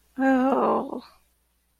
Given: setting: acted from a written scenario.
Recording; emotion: vocal sound without words; guilt